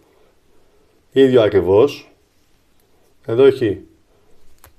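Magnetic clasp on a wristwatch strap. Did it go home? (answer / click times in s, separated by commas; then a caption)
yes / 4.6 s. A man talks about a magnetic clasp on a wristwatch strap and then closes it. Two quick, sharp clicks at about 4.6 s and 4.6 s mark the clasp snapping shut and fastening.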